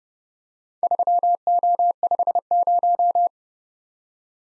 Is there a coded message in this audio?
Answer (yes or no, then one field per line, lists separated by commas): yes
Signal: Morse code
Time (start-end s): 0.8-3.3 s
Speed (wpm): 30 wpm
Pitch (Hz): 700 Hz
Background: none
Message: 3O50